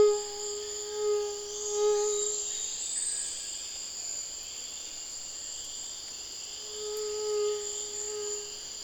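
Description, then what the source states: Mosquito buzz, a thin whining hum near the start and again near the end, with a steady high insect drone between. Tropical mosquito recorded 17 November 2006 on the Chemin des grands arbres path, Saül, French Guiana, with a Nagra LB and a cardioid MKH40 microphone.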